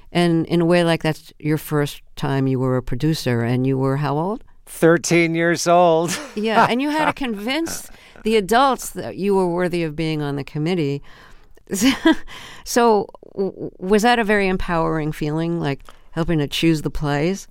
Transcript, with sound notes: And in a way, like, that's your first time you were a producer, and you were how old?
Thirteen years old (laughter).
Yeah, and you had to convince the adults that you were worthy of being on the committee. So was that a very empowering feeling, like, helping to choose the plays?